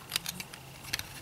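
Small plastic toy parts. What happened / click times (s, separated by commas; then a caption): Plastic part handled, not yet seated / none. A part of a plastic Dark of the Moon Human Alliance Roadbuster transforming robot figure is worked down and inward toward its locked position on the figure body during transformation. Short, sharp handling ticks and scrapes are heard, with the loudest transients at 0.2, 0.9 and 1.0 seconds over a quiet background. Nothing has seated or clicked into place yet.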